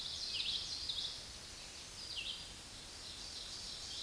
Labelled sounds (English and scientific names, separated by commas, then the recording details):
Red-eyed Vireo (Vireo olivaceus) song
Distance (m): 30 m
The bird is about 15 m above the microphone
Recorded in a Pennsylvania forest on 16 May 2024 at 07:53
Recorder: AudioMoth, point MSD-1539
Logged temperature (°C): 16.0 °C
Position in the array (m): 150 m, 28 m